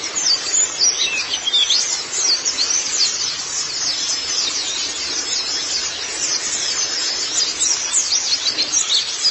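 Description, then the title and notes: White-eye: a constant high chatter of thin chirps and squeaky trills, steady in loudness from start to finish. "Kicauan Burung Pleci Durasi Panjang. Suara kicauan burung pleci"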